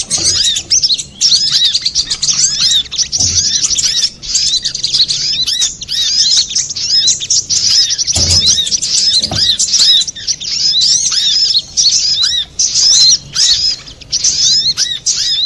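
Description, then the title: Long stretch of little spiderhunter song, nearly continuous shrill chatter of rapid chirps and whistled slurs. Masteran, used for training cage birds. "Masteran Burung Sogok Ontong Labaik"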